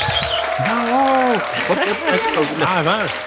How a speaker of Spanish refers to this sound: ¿Y por qué vienen estos aplausos? Porque la gente ha dicho que tu intervención en el programa anterior fue algo maravilloso, les llenó de alegría, aprendieron mucho contigo